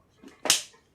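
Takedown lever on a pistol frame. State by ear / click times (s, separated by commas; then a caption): seated / 0.5 s. The slide of a Ruger American 9mm pistol is locked back and the takedown lever on the frame is turned down. A faint rustle at about 0.2 s comes before a single sharp click at 0.5 s that rings briefly and fades, showing the lever has clicked down into place.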